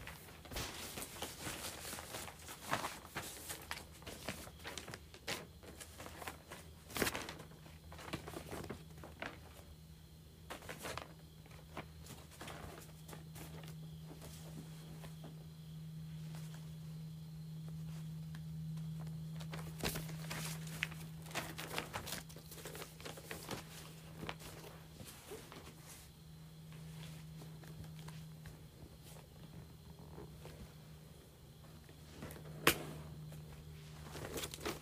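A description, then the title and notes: Items are moved around: scattered knocks, scrapes and clunks arrive irregularly, with sharper thumps near 7, 20 and 33 seconds. A steady low hum runs underneath, swelling a little in the middle, and faint shuffling and footsteps fill the gaps. ASMR Moving Various Items Around.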